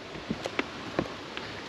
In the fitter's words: then turn it half to the right and you're going to hear a little click under the seat from there